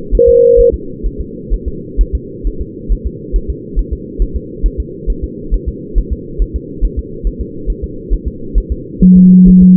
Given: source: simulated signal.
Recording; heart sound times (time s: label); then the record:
fetal heart sounds
0.15 s: S1
0.29 s: S2
0.60 s: S1
0.74 s: S2
1.06 s: S1
1.21 s: S2
1.53 s: S1
1.68 s: S2
2.01 s: S1
2.15 s: S2
2.47 s: S1
2.61 s: S2
2.92 s: S1
3.06 s: S2
3.36 s: S1
3.50 s: S2
3.79 s: S1
3.93 s: S2
4.22 s: S1
4.36 s: S2
4.66 s: S1
4.80 s: S2
5.10 s: S1
5.24 s: S2
5.54 s: S1
5.68 s: S2
5.98 s: S1
6.12 s: S2
6.42 s: S1
6.56 s: S2
6.84 s: S1
6.99 s: S2
7.27 s: S1
7.41 s: S2
7.70 s: S1
7.84 s: S2
8.13 s: S1
8.28 s: S2
8.58 s: S1
8.72 s: S2
9.03 s: S1
9.17 s: S2
9.48 s: S1
9.63 s: S2
From the record:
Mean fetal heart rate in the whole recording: 135 bpm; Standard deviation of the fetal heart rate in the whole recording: 3 bpm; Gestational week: 36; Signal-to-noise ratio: -4.3 dB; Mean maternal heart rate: 72 bpm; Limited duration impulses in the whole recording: present